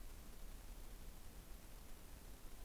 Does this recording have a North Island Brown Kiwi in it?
no